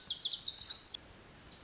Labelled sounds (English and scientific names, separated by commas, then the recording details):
Lazuli Bunting (Passerina amoena)
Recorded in Sonoma County, California